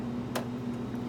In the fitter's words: Hear it snap.